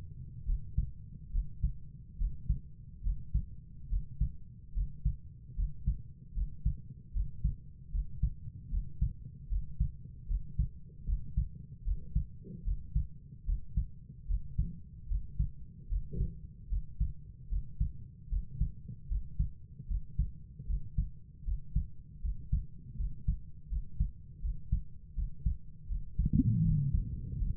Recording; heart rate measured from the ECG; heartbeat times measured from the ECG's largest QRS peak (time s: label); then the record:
heart sounds by stethoscope; 76 bpm
0.46 s: heartbeat
1.32 s: heartbeat
2.18 s: heartbeat
3.03 s: heartbeat
3.89 s: heartbeat
4.74 s: heartbeat
5.56 s: heartbeat
6.34 s: heartbeat
7.13 s: heartbeat
7.92 s: heartbeat
8.70 s: heartbeat
9.49 s: heartbeat
10.28 s: heartbeat
11.06 s: heartbeat
11.84 s: heartbeat
12.64 s: heartbeat
13.46 s: heartbeat
14.27 s: heartbeat
15.08 s: heartbeat
15.89 s: heartbeat
16.69 s: heartbeat
17.49 s: heartbeat
18.29 s: heartbeat
19.08 s: heartbeat
19.88 s: heartbeat
20.67 s: heartbeat
21.45 s: heartbeat
22.22 s: heartbeat
22.97 s: heartbeat
23.69 s: heartbeat
24.42 s: heartbeat
25.15 s: heartbeat
25.88 s: heartbeat
26.63 s: heartbeat
27.39 s: heartbeat
From the record:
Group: healthy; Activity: breath hold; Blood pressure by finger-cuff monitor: 111/65 mmHg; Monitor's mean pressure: 77 mmHg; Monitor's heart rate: 76 bpm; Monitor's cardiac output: 6.3 L/min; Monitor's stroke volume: 83 mL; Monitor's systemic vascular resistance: 880 dyn s/cm5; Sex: female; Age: 22 years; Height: 160 cm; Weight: 63 kg